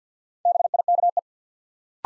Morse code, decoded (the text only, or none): BIKE